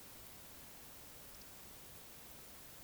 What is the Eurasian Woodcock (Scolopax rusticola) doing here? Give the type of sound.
whistle